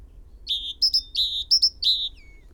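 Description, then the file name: Great tit calling: a longer lower note alternating with pairs of short higher notes, ending on a thin falling whistle. "Parus major"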